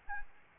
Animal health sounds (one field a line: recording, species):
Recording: mosquito wingbeat signal from an infrared sensor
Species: Aedes albopictus